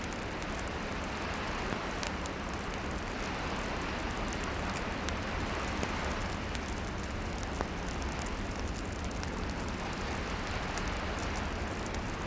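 A steady, dense wash of distant ocean surf fills the scene while a fire crackles with small sharp pops scattered throughout.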